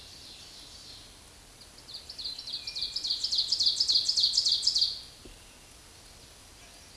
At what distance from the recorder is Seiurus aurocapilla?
about 15 m